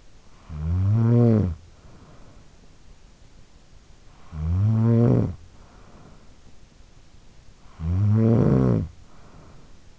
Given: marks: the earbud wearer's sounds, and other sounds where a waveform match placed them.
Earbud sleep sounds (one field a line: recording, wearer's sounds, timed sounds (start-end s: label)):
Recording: sounds in sleep by an in-ear microphone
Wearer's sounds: snoring breath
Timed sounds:
0.00-2.97 s: snoring breath
3.86-6.45 s: snoring breath
7.13-9.99 s: snoring breath